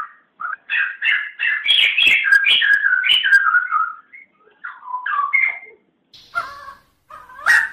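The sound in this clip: A bird sings a fast, tumbling run of whistled notes for about four seconds, followed by a few separate short phrases and harsher notes.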